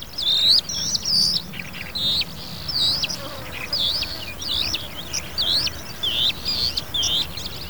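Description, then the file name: Calandra lark song: a run of short, sharply rising and falling whistled notes, repeated many times. "Kalenderlarka. Arne Thelin"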